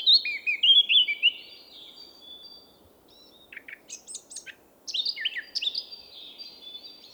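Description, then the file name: Eurasian blackcap singing: a fluty warble at the start, then a few short scratchy chips, followed by another rich, quick warbled phrase. "Sylvia atricapilla"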